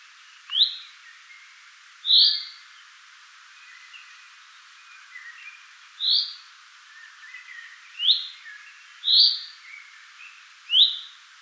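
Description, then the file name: Common chaffinch calling, six brief bright notes at uneven intervals, with faint softer notes in the background. "Fringilla coelebs"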